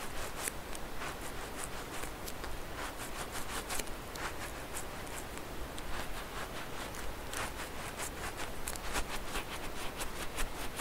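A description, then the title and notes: Squishy stress balls being squeezed and handled, giving a constant dense crackle of soft, bright squelching and rustling. Quick sharp clicks and pops scatter through it, clustering more thickly near the start, around four seconds, and again after nine seconds, over a faint low hum. ASMR SQUISHY SOUNDS, ASMR SQUISHY STRESS BALLS, ASMR STRESS BALL, ASMR NO TALKING.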